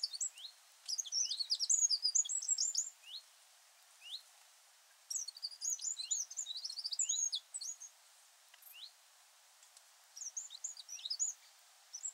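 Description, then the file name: Eurasian wren song in several bursts: quick high-pitched twitters and trills, separated by short gaps with a few lone rising notes. "Troglodytes troglodytes"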